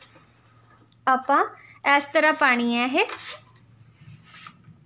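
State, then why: Not seated. A bobbin case is being handled and pressed toward the shuttle race of an umbrella sewing machine while someone talks, with only faint handling noise beneath the speech. Nothing has seated or clicked yet; the clip ends just before the bobbin case goes home.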